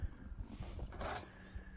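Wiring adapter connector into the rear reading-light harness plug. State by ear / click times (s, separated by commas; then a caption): not seated / none. A wiring adapter connector for Aigmux grab handles is handled and pushed toward the plug of the rear reading-light harness in a Ford Bronco. Low rumbling handling noise is heard, with a brighter rustling burst at about 0.9 to 1.2 seconds. Nothing has seated or clicked yet.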